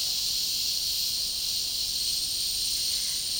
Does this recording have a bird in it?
no